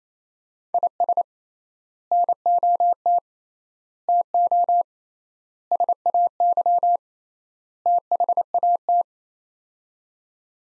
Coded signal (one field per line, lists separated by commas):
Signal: Morse code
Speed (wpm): 28 wpm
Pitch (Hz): 700 Hz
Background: none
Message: IS NOT TO SAY THAT